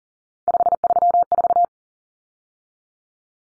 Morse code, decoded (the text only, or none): 534